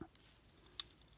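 In the final transformation step of a Transformers Legacy United Cyberverse Universe Chromia plastic action figure, a plastic panel is pushed into the motorcycle-mode body. After a few faint ticks, a sharp, bright snap at 0.8 s marks the panel popping into place, seated and completing the motorcycle mode.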